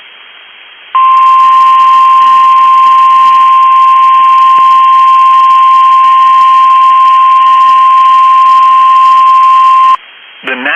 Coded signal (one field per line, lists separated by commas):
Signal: Emergency Alert System (SAME) tones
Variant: 1050 Hz attention tone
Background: speech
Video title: EAS #1,860 Online NOAA Weather Radio Severe T’storm Warning #3 5/1/25